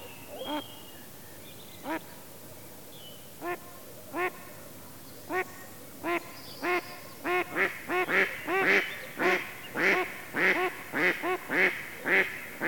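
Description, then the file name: Mallard quacks begin slowly with single calls a second or more apart, then speed up into a rapid run of loud, rasping quacks. "Digiffects Sound Effects Library - Mallard Duck Quacking"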